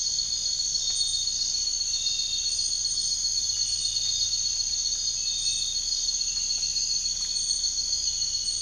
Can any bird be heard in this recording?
no